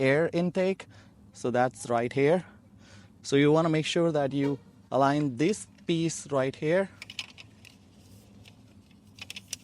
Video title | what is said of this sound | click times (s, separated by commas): RimCase For Tesla Model Y Uberturbine 21 inch Wheels | and then you're going to just press it you heard the click noise | 9.3 s, 9.5 s